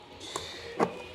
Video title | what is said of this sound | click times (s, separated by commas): Powered by the SUN, Powered by BLUETTI | okay perfect very easy i push it i lock it okay locked | 0.4 s, 0.8 s